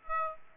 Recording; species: mosquito wingbeat signal from an infrared sensor; Aedes aegypti